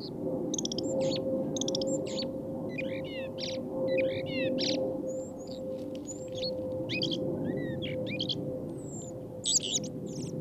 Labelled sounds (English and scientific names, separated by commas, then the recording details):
Common Blackbird (Turdus merula)
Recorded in the wild
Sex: male
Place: Kaiserslautern, Rheinland-Pfalz, DE
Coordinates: 49.42, 7.75
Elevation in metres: 279
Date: 1976-03-26
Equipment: Nagra IV, Sennheiser MKH 405, Parabolreflektor
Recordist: Tretzel, Erwin